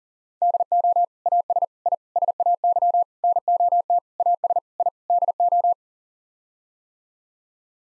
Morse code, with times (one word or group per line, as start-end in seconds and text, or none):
0.4-1.0 DO
1.3-1.6 AS
1.9-1.9 I
2.2-3.0 SAY
3.2-4.0 NOT
4.2-4.6 AS
4.8-4.9 I
5.1-5.7 DO